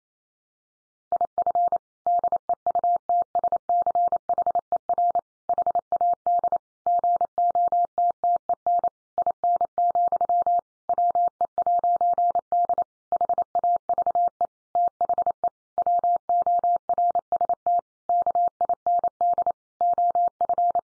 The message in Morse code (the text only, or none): IF DEUTSCHER HAD GOTTEN IN, WE'D HAVE THE WORST KIND OF